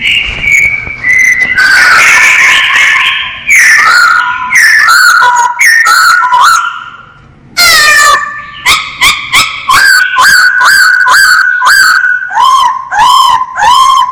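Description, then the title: Masked laughingthrush singing a long varied song of loud whistled slurs, harsh rasping bursts and fast chopped notes, with one short quiet break midway. Known locally as poksay hongkong; described as gacor, singing actively and persistently. "Kicau Burung Poksay Hongkong Gacor"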